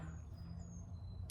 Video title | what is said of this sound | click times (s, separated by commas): Can I Save This Savage 1907? | uh does go back in to the slide does lock into place | 1.3 s